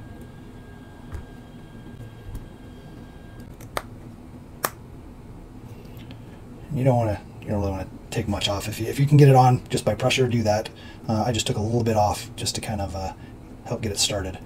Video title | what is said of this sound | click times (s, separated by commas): Reflex RX28 Box Opening and Deep Dive Build! | and then we're good and then it's snapped right in and you're gonna use uh | 3.8 s, 4.7 s